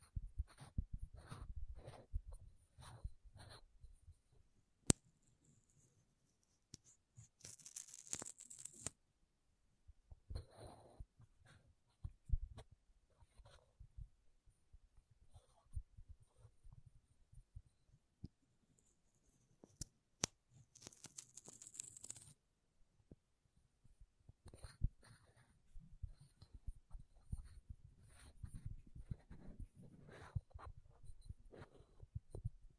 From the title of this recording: MAKEUP TAPPING & SCRATCHING